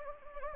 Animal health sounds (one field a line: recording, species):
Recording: mosquito wingbeat signal from an infrared sensor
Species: Anopheles gambiae